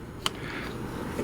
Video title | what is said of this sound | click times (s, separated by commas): ARRMA Granite 4x4 T-Bone Racing Bumper Upgrade (XV6 and XV7 Review) - Netcruzer RC | I'm going to click the back in first and then | 0.3 s